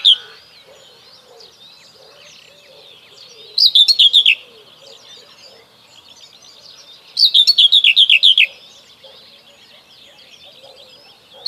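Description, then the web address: Common whitethroat song in two brief, chattering bursts about three and a half seconds apart, against a busy background of soft calls from other birds. "Kurs PTTK Kurs materiały 01 Przyroda Ptaki Cierniówka"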